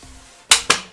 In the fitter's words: when you put the card in you should hear it snap in place